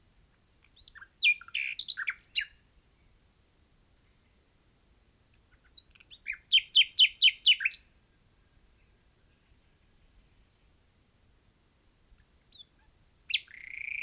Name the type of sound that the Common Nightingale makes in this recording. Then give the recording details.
song. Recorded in the wild. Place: Albesti, Transilvania, RO. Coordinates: 46.258, 24.86. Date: 1973-04-28 11:30. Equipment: Nagra III BH, Sennheiser MD 21, parabola. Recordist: Schubert, Michael